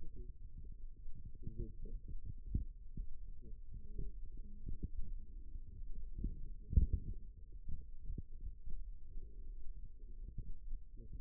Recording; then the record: forearm muscle sounds (acoustic myography)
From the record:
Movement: rest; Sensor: system 2, bracelet of six BSWA MPA416 microphones around the upper forearm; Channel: 4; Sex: male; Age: 22 years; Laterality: right